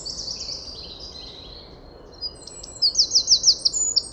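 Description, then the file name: Eurasian wren giving very high, thin notes: a faint descending phrase, then a quick series of sharp, piercing notes over steady background noise. "Troglodytes troglodytes"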